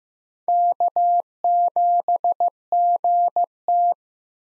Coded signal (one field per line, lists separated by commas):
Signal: Morse code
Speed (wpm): 15 wpm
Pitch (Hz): 700 Hz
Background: none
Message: K7GT